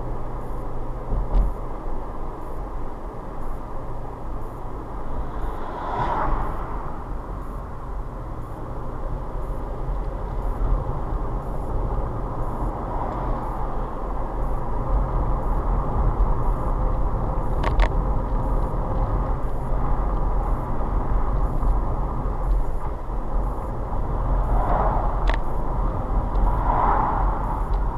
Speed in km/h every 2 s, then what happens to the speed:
42, 40, 39, 35, 34, 35, 40, 44, 44, 44, 44, 42, 42, 42.
0-7 slows to 34. 7-13 speeds up to 44. 13-28 steady at about 44.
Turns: none.